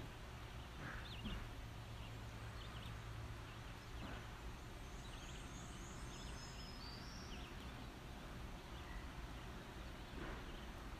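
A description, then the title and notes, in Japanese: Several kinds of birds chirp in short bursts over a steady low truck rumble, with a brief high whistle around five seconds. カナダはケベック州の森の中にある我が家。ある初夏の朝、何気ない我が家の日常音。何種類もの異なる鳥のさえずり。遠くから聞こえてくる大きなトラックの音。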